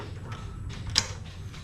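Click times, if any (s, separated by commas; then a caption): 1.0 s. A key turns in the lock cylinder of a newly installed lever-type door knob on an aluminum door frame. Against a low background rumble, a single sharp click at 0.98 s marks the lock engaging, and the knob is confirmed locked.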